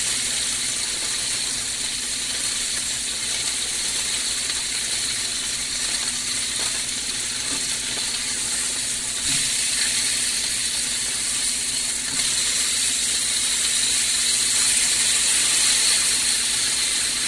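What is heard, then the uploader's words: Breaded chicken fries in a pan of oil with a steady, dense, bright sizzle, growing slightly louder after nine seconds, with faint low hum beneath. Frying pan -- cornmeal-breaded chicken breasts in canola oil.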